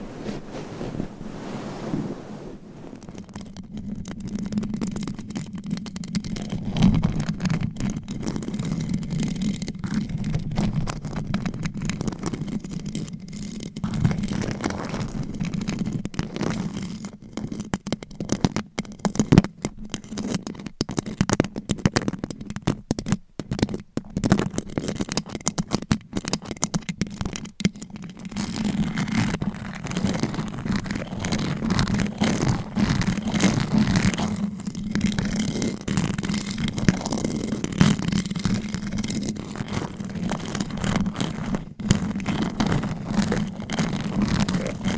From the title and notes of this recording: ASMR Mic Scratching - Brain Scratching with Claws. No Talking.